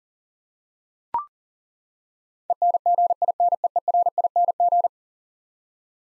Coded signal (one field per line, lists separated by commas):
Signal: Morse code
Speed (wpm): 40 wpm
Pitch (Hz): 700 Hz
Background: none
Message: ENGINEERING